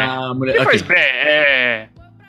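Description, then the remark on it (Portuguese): A single sheep bleat, a wavering, nasal cry that rises, then holds with a shaky tremble for about a second before cutting off, heard alone with no talking. “Ovelha ou carneiro? Qual a diferença de ovelha e carneiro?”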